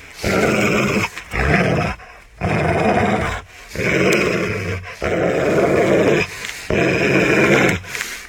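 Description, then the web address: Dog snarls with repeated gravelly growls in several sustained bursts, with short pauses between. Angry dog growling. "suono del cane arrabbiato che ringhia suono del cane che ringhia"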